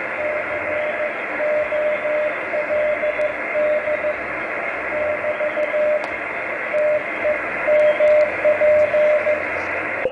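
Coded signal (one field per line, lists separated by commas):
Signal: Morse code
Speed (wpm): 15 wpm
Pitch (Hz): 600 Hz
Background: radio noise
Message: COLD <BT> TEMP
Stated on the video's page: CW DX contacts from the USA to Europe with an Icom 703 at 10 watts and a loop antenna 8 m above ground.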